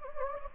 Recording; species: mosquito wingbeat signal from an infrared sensor; Anopheles gambiae